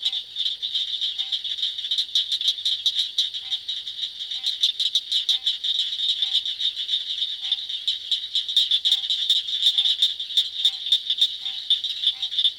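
Southern cricket frogs: a dense, continuous chorus of rapid, pebble-like clicks from several callers, overlapping without pause, with faint lower notes repeating now and then.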